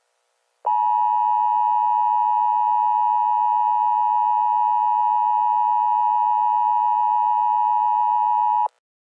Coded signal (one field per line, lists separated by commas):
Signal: Emergency Alert System (SAME) tones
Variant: 853 and 960 Hz attention tone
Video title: EAS Scenario: Kansas Tornado Disaster